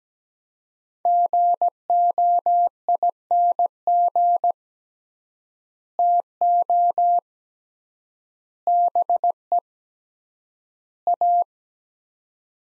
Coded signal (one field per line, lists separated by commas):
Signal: Morse code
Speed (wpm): 17 wpm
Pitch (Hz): 700 Hz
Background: none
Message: GOING TO BE A